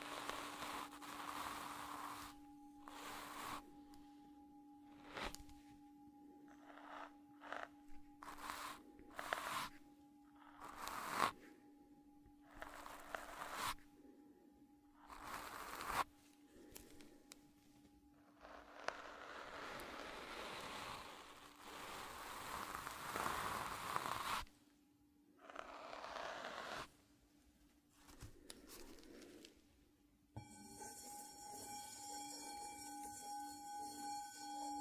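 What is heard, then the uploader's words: A singing bowl hums with a steady low tone and a fainter ringing overtone while brushes and soft materials sweep in short scratchy strokes. Around the twentieth second the rubbing grows denser and longer, and near the end a bright, shimmering ring takes over. Focus Tibetan Singing Bowl and Ear Brushing. ASMR Sounds Binaural Triggers Relaxing caresses on your ears with different brushes, foam and burlap during the tinkling of a Tibetan Bowl.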